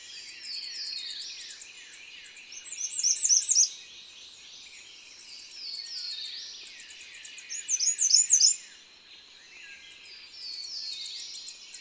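Bird song: bursts of rapid, high, jumbled chirping twice, about five seconds apart, over a continuous background chorus of thin high twittering.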